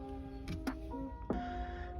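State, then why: Seated. A plastic CD-changer Y-splitter wiring harness connector is pushed into its socket on the back of a 2003–2007 Honda Accord car stereo, over steady background music. A sharp click at 0.7 s marks the connector seating, and another brief sharp sound follows at 1.3 s. The connector is fully seated.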